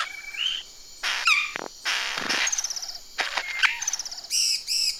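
McGregor's bowerbird pouring out a loud, varied run of harsh rasps, buzzy rattles, short whistles and nasal notes in quick succession, with insect drone underneath.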